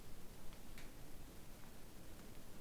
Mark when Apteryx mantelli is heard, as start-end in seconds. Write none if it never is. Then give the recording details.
none. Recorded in New Zealand on 8 January 2015. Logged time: 01:58. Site BX23